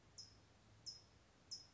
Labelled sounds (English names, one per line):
California Towhee